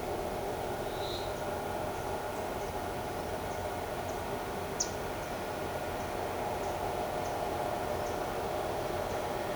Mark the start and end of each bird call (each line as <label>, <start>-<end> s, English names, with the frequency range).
Black-throated Mango (3.6-7.6 kHz), 4.76-4.92 s